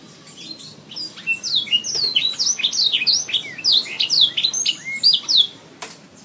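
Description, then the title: Oriental magpie-robin delivering a lively phrase of repeated downward-sweeping whistles and chirps, ending with a short click and fading out. Chirping song, from a recording over an hour long. "Kicau Kacer Durasi Panjang 1jam Lebih"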